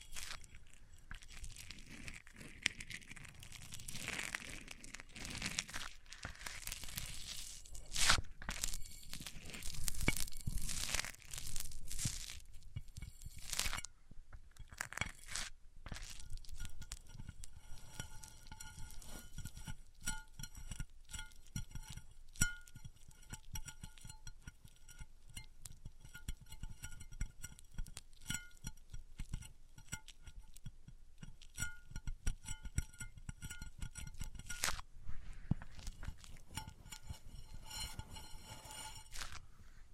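Microphones are rubbed across different surfaces, making dense scratchy friction and crinkling noise. The first half is rougher and louder, peaking around ten seconds, with a brief gap near fourteen seconds. After that the rubbing turns finer and more even, with faint ringing tones and occasional sharp clicks.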